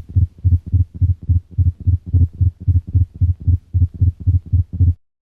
A simulated ventricular tachycardia.